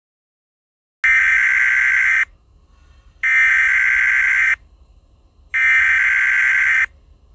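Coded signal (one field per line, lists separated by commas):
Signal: Emergency Alert System (SAME) tones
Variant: header bursts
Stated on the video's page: Fictional EAS scenario tones.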